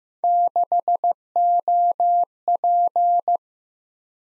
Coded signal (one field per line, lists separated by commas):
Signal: Morse code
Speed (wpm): 15 wpm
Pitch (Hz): 700 Hz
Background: none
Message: 6OP